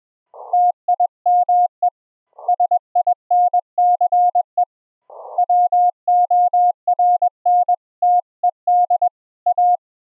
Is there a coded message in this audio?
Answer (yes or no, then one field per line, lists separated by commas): yes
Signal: Morse code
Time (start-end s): 0.5-9.8 s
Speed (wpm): 20 wpm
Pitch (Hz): 710 Hz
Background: none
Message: TIME SINCE WORNTED A